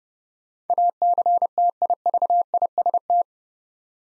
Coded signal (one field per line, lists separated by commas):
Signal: Morse code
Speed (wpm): 30 wpm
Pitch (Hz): 700 Hz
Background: none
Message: ACTIVIST